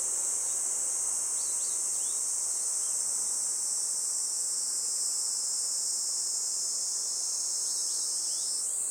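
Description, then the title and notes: Kaempfer cicada chorus, a constant high buzzing drone, with scattered faint bird chirps early and near the end. Chorus of many cicadas that have begun singing in a forest by the Tama River in summer, a pleasant noise heralding summer; birds also calling. "多摩川の森、ニイニイゼミたちの合唱"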